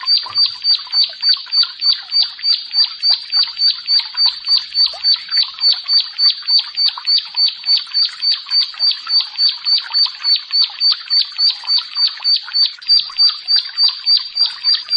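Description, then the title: Bar-winged prinia singing a long, even series of high, clipped chirps, roughly three to four per second, with no pauses. "Ciblek Sawah"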